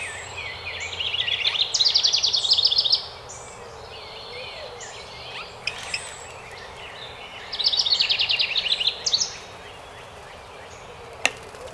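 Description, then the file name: House wren singing two long, rapid, bubbling trills several seconds apart, with scattered soft chirps and a sharp click near the end. Recorded 12 May 2018. "2018-05-12 HOWR"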